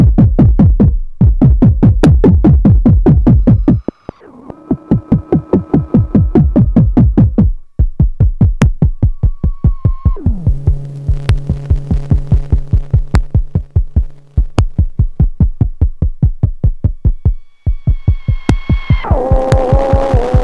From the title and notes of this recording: The transmissions are a mix of environmental sounds and these hard blips.